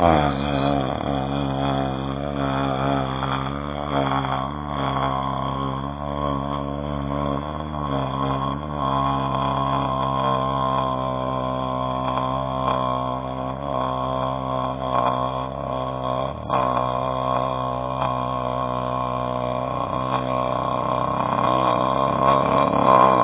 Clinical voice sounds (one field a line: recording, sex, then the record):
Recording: sustained vowel /a/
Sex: male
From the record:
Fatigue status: no fatigue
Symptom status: asymptomatic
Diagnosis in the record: COVID-19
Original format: 3gp